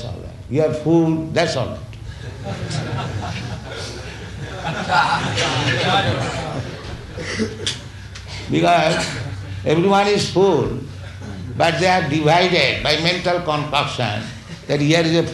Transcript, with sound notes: That's all right. You are fool? That's all right. [laughter] Because everyone is fool, but they are divided by mental concoction that "Here is a fool;